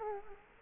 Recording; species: mosquito wingbeat signal from an infrared sensor; Culex quinquefasciatus